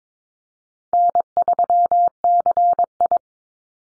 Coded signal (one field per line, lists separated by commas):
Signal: Morse code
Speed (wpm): 22 wpm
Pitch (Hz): 700 Hz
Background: none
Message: N3CI